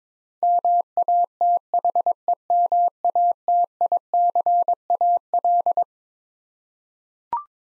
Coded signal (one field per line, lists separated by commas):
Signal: Morse code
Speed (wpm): 22 wpm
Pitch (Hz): 700 Hz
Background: none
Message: MATHEMATICAL